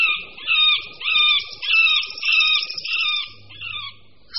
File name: Strakapoud-prostřední